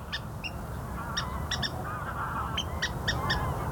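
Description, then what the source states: Water rail calling: short, sharp notes given singly and in a quick pair over low rumbling background noise. Secretive, scarce reedbed bird, rarely seen but heard; books say it can squeal like piglets; recorded this week by reporter Marlijn Snijders.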